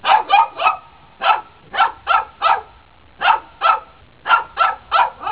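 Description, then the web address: Dog barking, sharp mid-pitched barks in quick bursts of one to four, about thirteen barks with short pauses between groups. "animal dog"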